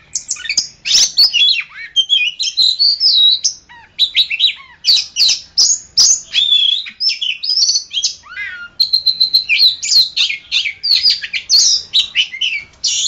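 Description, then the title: Oriental magpie-robin singing a long, continuous medley of sharp chirps, clear whistles and rising and falling slurred notes in quick succession. "Kacer"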